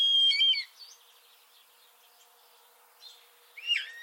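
Eurasian starling song, a loud warbled whistle at the start, soft chattering rattles, then a rising squeaky note near the end.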